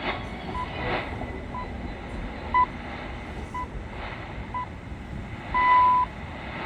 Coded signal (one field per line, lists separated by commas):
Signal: radio time signal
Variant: time pips